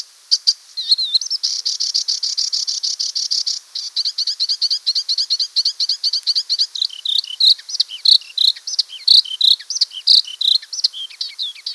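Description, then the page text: Icterine warbler song, a long run of high, buzzy repeated notes shifting into varied chattering phrases and clear whistled upslurs, sung almost without pause. "Icterine Warbler Song. Quick Sounds"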